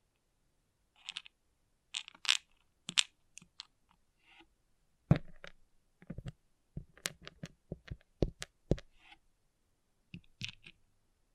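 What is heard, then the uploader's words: Small plastic pixel art beads clatter and click in irregular bursts, with sharp bright taps clustering around five to nine seconds. ASMR Relaxing Pixel Art Beads ( No Talking).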